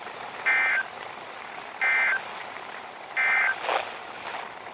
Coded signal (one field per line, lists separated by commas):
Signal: Emergency Alert System (SAME) tones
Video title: EAS/NWR Alert or message #235: Literally the only SVR issued for me.